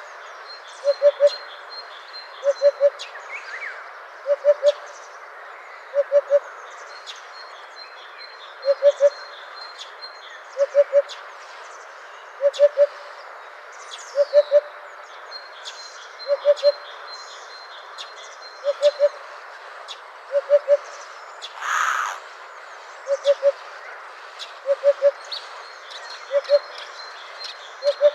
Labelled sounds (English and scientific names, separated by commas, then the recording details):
Eurasian Hoopoe (Upupa epops) song
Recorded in the wild
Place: Kalmückensteppe bei Senseli, RU
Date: 2006-05-21
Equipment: MiniDisc Sharp MT 20 H
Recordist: Schwarz, Dieter
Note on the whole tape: Song